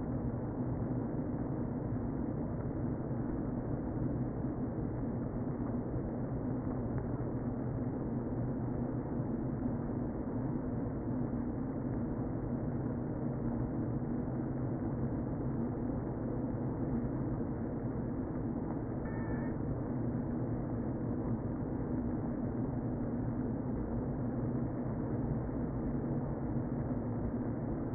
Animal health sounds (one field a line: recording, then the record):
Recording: honeybee colony, microphone inside the hive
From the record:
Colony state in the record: queen present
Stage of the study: before two queens were removed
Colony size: about 60,000 bees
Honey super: yes